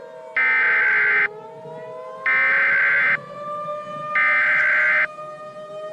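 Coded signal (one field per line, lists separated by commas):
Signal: Emergency Alert System (SAME) tones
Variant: header bursts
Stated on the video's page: Fictional EAS scenario with valid Emergency Alert System tones, a simulated alert rather than a real broadcast.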